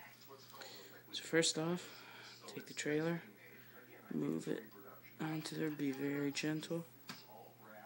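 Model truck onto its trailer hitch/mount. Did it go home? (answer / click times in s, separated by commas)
yes / 7.1 s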